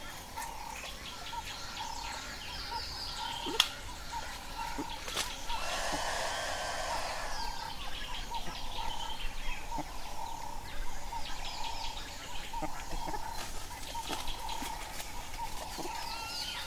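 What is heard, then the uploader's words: An unidentified creature calls at dawn in the savanna, a steady buzzy call swelling around six seconds among scattered bird chirps. Unidentified Call At Kapamba Bushcamp. An unidentified creature calls at dawn in the savanna.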